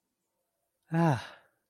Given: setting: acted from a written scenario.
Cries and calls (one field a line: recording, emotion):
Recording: vocal sound without words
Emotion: pride